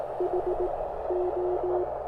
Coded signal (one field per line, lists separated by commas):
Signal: Morse code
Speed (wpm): 18 wpm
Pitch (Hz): 360 Hz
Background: none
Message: HO